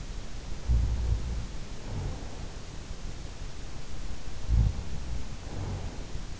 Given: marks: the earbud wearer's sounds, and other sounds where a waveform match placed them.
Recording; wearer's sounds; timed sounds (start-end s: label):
sounds in sleep by an in-ear microphone; snoring breath
0.45-2.62 s: snoring breath
4.00-6.34 s: snoring breath